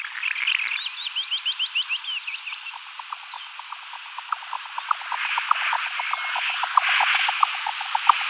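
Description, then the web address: Jack snipe display call: a series of muffled, knocking pulses, with a run of higher chirping notes over the first few seconds. Male, in display flight. "Schulze Peter Jack Snipe male displayflight"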